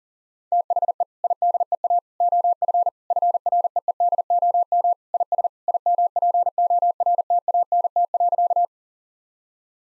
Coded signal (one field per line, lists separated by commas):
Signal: Morse code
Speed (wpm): 40 wpm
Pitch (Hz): 700 Hz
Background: none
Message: THE IDEA OF FREEDOM IS IMPORTANT.